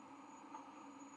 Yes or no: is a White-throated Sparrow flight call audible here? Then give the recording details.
no. No flight call is heard. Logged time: 21:34 on 23 November 2014